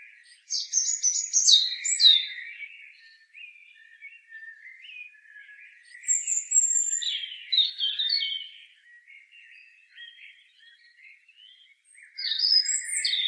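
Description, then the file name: European robin opening with a loud burst of high twitters, followed by wandering lower warbles and a final high phrase. "Erithacus rubecula"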